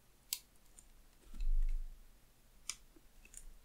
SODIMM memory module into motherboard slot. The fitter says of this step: donc là on entend un petit clip un